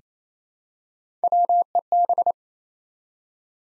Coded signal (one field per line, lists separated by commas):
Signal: Morse code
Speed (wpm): 29 wpm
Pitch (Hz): 700 Hz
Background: none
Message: WEB